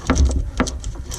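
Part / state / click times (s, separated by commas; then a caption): water supply line connector onto bathroom faucet / seated / 0.6 s. A click-seal water supply line connector is hand-tightened onto a bathroom sink faucet connection, with several short sharp ticks and taps at about 0.1, 0.2, 0.3 and 1.2 seconds. The loudest, crispest click comes at 0.6 seconds, when the connector seats and seals.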